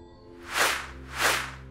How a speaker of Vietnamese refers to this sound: Bỗng vút vút hai mũi tên từ đâu phóng tới, cắm thẳng vào yết hầu và mắt trái của hai tên đàn em.